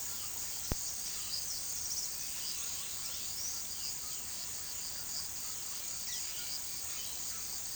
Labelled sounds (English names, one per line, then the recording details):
none
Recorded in pastures near Puerto Asís, Putumayo, Colombia, on 18 February 2024 at 14:30
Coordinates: 0.468, -76.328
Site G6414